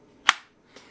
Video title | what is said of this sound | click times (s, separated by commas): We The People- Freedom Platform Holster Overview | nice solid tactile audible click i like it | 0.3 s